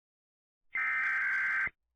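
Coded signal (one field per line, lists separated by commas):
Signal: Emergency Alert System (SAME) tones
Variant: header bursts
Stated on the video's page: Mock EAS scenario about a blizzard.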